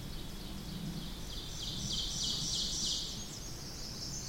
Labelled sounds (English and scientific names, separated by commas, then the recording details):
Ovenbird (Seiurus aurocapilla) song
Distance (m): 45 m
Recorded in boreal forest in Alberta, Canada, on 8 June 2016 at 08:50
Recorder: SongMeter 3, array SBT-3-9
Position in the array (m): 165 m, 150 m
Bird 35